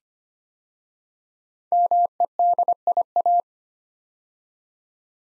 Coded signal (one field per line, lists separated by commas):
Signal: Morse code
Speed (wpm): 25 wpm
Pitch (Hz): 700 Hz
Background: none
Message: MEDIA